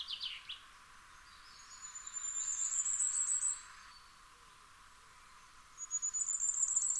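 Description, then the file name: Common firecrest song, a high, needle-thin string of quick notes building in loudness, heard three times including clipped phrases at the start and finish. "Fiorrancino"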